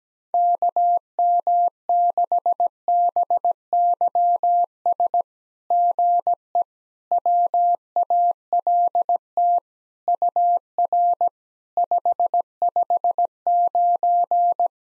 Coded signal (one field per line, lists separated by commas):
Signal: Morse code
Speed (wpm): 17 wpm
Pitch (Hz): 700 Hz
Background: none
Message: KM6BYS GE WALT UR 559